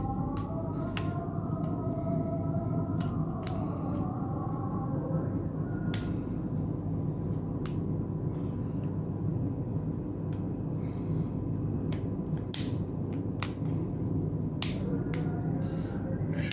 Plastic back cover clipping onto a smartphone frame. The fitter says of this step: like this, friends, you hear the clicking sounds.